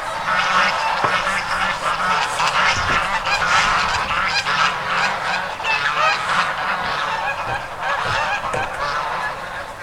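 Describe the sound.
Goose honks, loud and rapid, many birds calling over one another in a busy, constant clamour.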